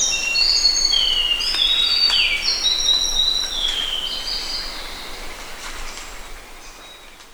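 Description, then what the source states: White-browed shortwing singing a fast jumble of high whistles and short slurred notes that trail off and fade out toward the end, over a soft background hiss. 1 August 2009.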